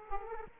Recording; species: mosquito wingbeat signal from an infrared sensor; Aedes aegypti